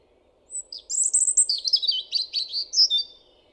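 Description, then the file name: European robin song: a thin high note, then a fast run of bright trilling, stuttering warbles at high pitch, closing with a sharp squeaky note over a soft low hum. "Erithacus rubecula"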